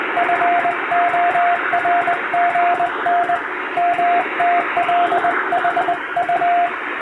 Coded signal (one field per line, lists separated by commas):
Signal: Morse code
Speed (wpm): 21 wpm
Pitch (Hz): 700 Hz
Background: radio noise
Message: FORGN MTLHU